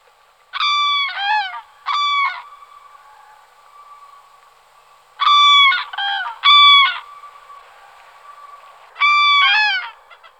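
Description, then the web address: Common crane giving loud, rich trumpeting calls in short bursts of two or three bugling notes, separated by a few seconds of quiet with a faint steady hum. "All the bird songs of Britain and Europe - Jean-Claude Roche. Grus grus"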